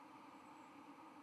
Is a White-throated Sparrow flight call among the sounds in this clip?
no